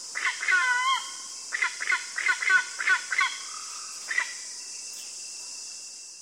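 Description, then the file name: Black-casqued hornbill uttering a series of short nasal honks and cackles, bunched in quick succession, then a pause, over steady background hiss. "feketesisakos szarvascsoru hanjja"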